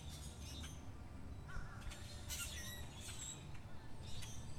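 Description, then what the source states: Birds call with rough squawks and short chirps, a few louder bursts standing out, with a continuous low rumble underneath. Birds chirping at Zoo Miami.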